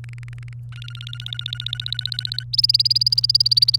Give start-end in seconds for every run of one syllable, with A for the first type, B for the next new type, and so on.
0.04-0.53 A, 0.72-2.43 B, 2.53-3.76 C